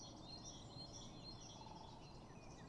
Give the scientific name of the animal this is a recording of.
Dendrocopos major